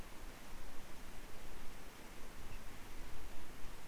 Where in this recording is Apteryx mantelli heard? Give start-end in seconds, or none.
none